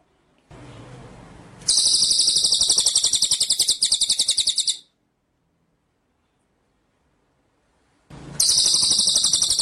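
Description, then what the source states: White-rumped shama song, a dense buzzy rattle of rapid high notes running for about three seconds, then starting again after a pause. Masteran (training) track of full song featuring the 'ngerol' rolling and 'nembak' shooting song styles.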